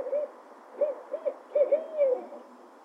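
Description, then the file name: Owl giving a series of short hoots, some paired, with a longer drawn-out hoot near the end, over a steady background hiss. "Owl noisy"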